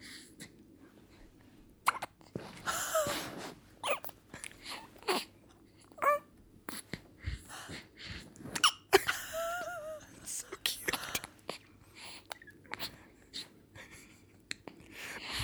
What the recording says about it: 3 weeks old when she has her little her little hiccups. She gets these hiccups and you can see she's like a little bit frustrated.